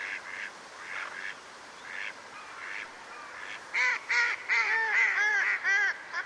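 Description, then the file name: Mallard quacks: soft nasal notes at first, then a run of louder quacks in quick succession toward the end. "magamo"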